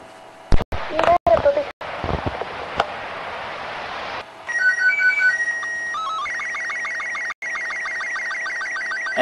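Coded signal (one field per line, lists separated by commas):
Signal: SSTV (slow-scan television)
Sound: brief noisy talk-like bursts, then warbling steady tones with regular repeating chirps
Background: radio static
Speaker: okay honey bunny can you please uh do a slow scan TV transmission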